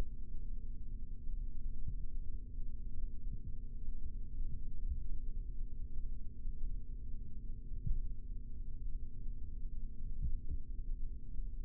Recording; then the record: forearm muscle sounds (acoustic myography)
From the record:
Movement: rest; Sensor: system 3, bracelet of six PUI Audio POM-2738L microphones around the upper forearm, with dedicated amplification and filtering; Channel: 6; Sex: male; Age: 26 years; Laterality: right